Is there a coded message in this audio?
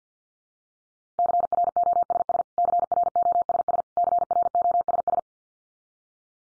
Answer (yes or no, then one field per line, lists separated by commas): yes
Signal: Morse code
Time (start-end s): 1.2-5.2 s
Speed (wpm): 50 wpm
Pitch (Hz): 700 Hz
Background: none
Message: CROSS CROSS CROSS